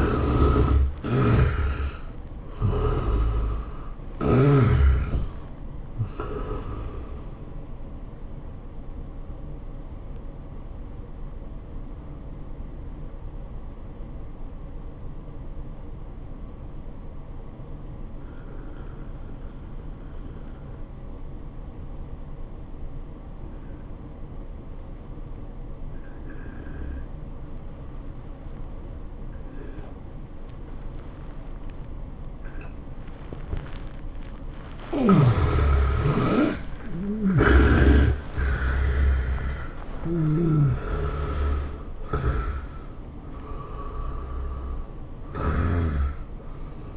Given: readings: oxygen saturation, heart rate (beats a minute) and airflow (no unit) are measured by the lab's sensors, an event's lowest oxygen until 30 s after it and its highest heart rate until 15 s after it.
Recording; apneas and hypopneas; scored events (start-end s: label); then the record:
breathing in sleep by a smartphone at the bedside; 1
6.00-34.30 s: hypopnea (N1, oxygen 96% highest, then 71% lowest, heart rate 98 at the start, 105 highest)
14.00-44.00 s: new sleep stage, N2 (light sleep)
44.00-46.97 s: new sleep stage, N1 (lightest sleep)
From the record:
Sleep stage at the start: N1 (lightest sleep); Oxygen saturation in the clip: 75 to 96%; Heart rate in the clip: 77 to 105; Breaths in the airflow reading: 7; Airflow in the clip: -13.8 to 13.8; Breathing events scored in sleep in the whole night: 403 in 5.5 hours asleep